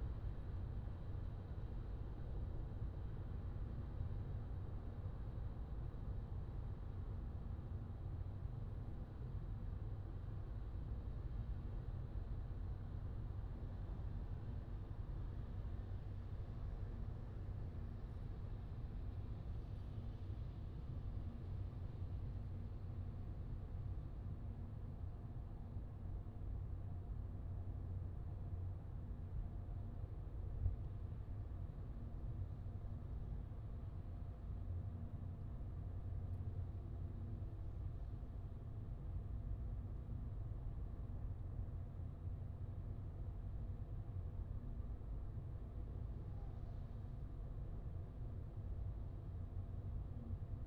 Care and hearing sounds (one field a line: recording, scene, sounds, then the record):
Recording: everyday scene through a hearing-aid microphone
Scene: in a vehicle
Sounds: engine, highway driving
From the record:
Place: Skoda Fabia, gasoline engine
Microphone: in the ear canal, left